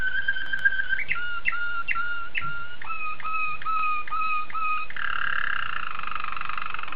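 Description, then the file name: Waterslager canary song: a held note, then clipped notes repeated several times, each stepping between two pitches, then a sustained warbling roll. "suara kenari waterslager"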